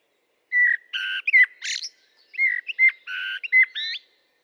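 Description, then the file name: Common blackbird with two quick phrases mixing clear fluted whistles and harsh buzzy bursts, ending in a rising squeaky flourish. "Turdus merula"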